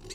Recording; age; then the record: pig call; weaner (32 to 43 days)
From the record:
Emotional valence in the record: negative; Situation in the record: short isolation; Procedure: open field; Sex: female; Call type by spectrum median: high-frequency call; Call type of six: mixed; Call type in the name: high-frequency modulated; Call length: 0.15 s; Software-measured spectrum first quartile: 304 Hz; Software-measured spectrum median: 2377 Hz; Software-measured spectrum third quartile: 5330 Hz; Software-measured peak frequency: 371 Hz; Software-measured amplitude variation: 125 dB a second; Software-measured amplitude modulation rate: 23.4 a second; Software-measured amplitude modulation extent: 5.3 dB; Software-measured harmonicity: 5.2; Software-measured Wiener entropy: -2.62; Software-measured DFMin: 776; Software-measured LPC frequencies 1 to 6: 388, 2072, 2733, 4157, 4564, 5751 Hz